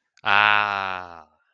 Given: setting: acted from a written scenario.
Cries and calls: vocal sound without words; realization

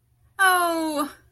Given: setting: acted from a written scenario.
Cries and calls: vocal sound without words; pain

